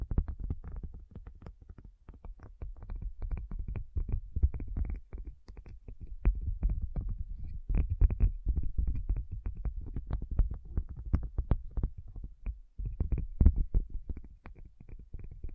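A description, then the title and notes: Fast, dense tapping runs through the whole stretch, soft thuddy hits with a heavy low body and a little brighter click on top. The rhythm is quick and uneven, with louder bursts around the middle and a brief drop near twelve seconds. Tapping Session (No Talking).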